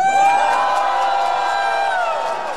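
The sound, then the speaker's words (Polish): A crowd of radio listeners at Kraków Main Railway Station cheers and shouts in greeting, a loud sustained roar of many voices with whoops rising above it, steady throughout and easing slightly at the end. “Proszę państwa o przywitanie słuchaczy!”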